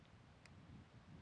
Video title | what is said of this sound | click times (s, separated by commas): Learning with Staff: Intro to Archery | I can hold this and it'll pretty well hold the arrow right there okay so it snapped in | 0.5 s